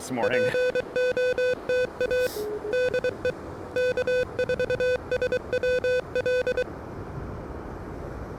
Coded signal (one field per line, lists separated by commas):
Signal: Morse code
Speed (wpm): 23 wpm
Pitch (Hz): 500 Hz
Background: speech, music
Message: POTA DE K4SWL